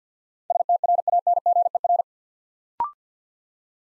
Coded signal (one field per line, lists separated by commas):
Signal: Morse code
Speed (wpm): 48 wpm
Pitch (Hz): 700 Hz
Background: none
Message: STRANGER